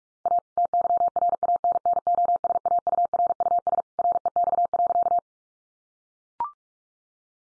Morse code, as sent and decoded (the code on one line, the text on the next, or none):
.- / - -.-- .-. .- -. -. --- ... .- ..- .-. ..- ... / .-. . -..- .-.-.-
A TYRANNOSAURUS REX.